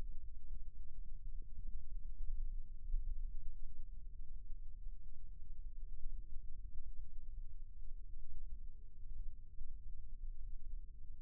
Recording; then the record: forearm muscle sounds (acoustic myography)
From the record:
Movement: rest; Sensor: system 1, eight BSWA MPA416 microphones around the upper forearm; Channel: 8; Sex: male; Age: 20 years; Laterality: left